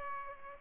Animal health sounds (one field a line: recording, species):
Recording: mosquito wingbeat signal from an infrared sensor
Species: Aedes aegypti